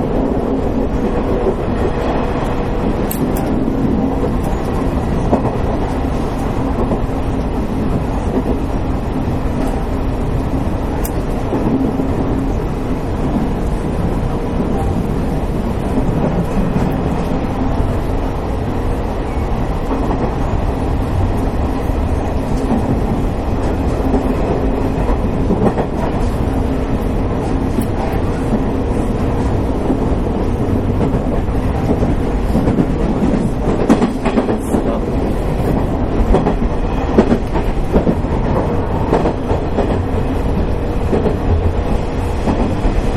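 Running sound of a Nishitetsu 3000 series train on a limited express to Fukuoka. A steady, dense low rumble fills the whole recording at an even level, with faint repeated clicks and brief rattles scattered throughout, a little busier around the 33 to 37 second mark.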